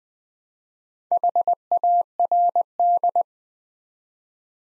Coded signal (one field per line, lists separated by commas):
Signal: Morse code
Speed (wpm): 20 wpm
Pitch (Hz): 700 Hz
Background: none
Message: HARD